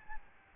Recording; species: mosquito wingbeat signal from an infrared sensor; Aedes albopictus